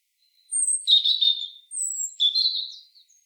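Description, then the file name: European robin song: a thin high whistle leading into a sweet, warbling trill, then a second similar phrase, clear against silence. "Erithacus rubecula"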